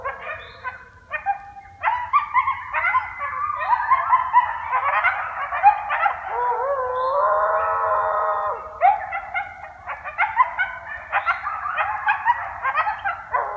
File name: song dogs